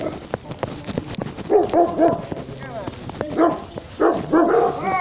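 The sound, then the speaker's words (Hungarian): A small dog lets out a series of short, high-pitched yips and barks in uneven bursts, with a few whiny, rising tones between them and light clicks and rustling underneath. “Jó, kutya. Kicsi, jól is elkegy.”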